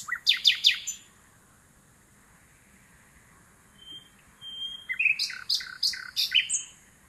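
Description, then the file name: Common nightingale singing two separate phrases, a short fast rattle of sharp notes, then a pause, a soft whistle and a varied run of chirps and trills. "Luscinia megarhynchos"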